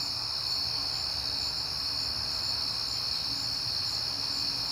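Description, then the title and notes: Crickets trilling without pause in a high, even drone, with a low background rumble. Crickets at night in September, on a peaceful night. "Night Time: Crickets and Passing Cars. It is September and I have been hearing the crickets a lot, but finally had a peaceful night to make the recording"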